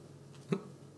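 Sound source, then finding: Sneeze.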